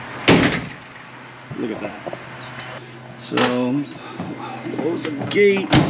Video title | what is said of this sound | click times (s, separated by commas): 🌟 Another Stellar Review for the Worksport AL3 Pro Tonneau Cover! 🌟 (Link in Description) | and see if it locks in place the first time around let's look | 0.3 s